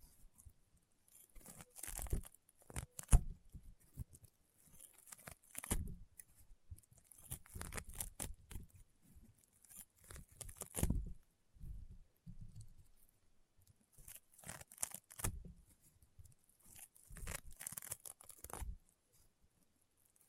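Crunchy, popping slime being squeezed in quick irregular bursts of crackles and snaps, with short pauses between handfuls and occasional louder pops.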